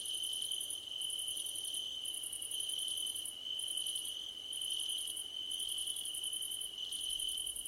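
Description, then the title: Insistent cricket chirping, a constant high trill with pulsed chirp phrases of varied length and short gaps, forming a dense night chorus. Crickets calling at night under a starlit sky. "Nighttime Ambience with Crickets 🌃"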